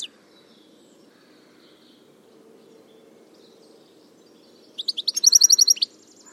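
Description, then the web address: Bird calls: after a long quiet stretch with low background hum, a fast buzzy run of rapidly repeated high notes lasts about a second. "Deverinetal"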